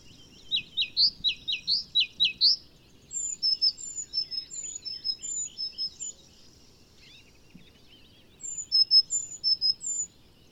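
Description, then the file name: Great tit giving a rapid series of sharp, falling notes, followed by a series of thin high whistled notes, then more high notes after a pause near the end. "Parus major"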